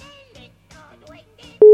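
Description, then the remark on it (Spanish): A man talks, then a loud, steady single-pitched telephone ringing tone cuts in at the very end as a live phone call is placed during a radio broadcast. “Confiamos en ti, cógenos el teléfono.”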